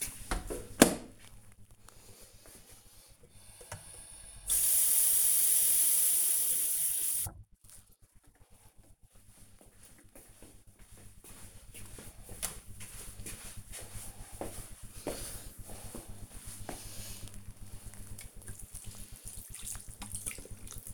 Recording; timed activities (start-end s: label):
household activities, microphone on the right wrist
4.39-20.94 s: watering plant